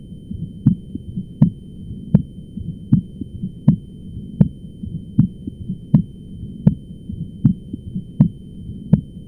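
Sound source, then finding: Heart by stethoscope. Split second heart sound (split S2).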